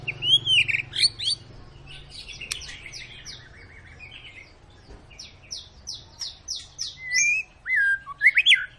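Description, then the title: White-rumped shama song, slurred whistles and a series of descending buzzy notes over a steady low hum. Long lure song (pancingan) of a constantly singing (gacor) bird, used to make other birds sing. "Pancingan Murai Batu Gacor Panjang"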